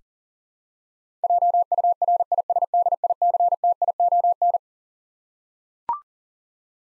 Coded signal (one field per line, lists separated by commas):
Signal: Morse code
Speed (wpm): 40 wpm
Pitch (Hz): 700 Hz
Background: none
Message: JURISDICTION